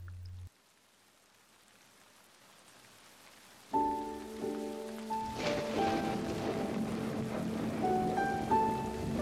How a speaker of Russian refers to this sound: На утро снова заморосил дождь. Слава богу, не ливень.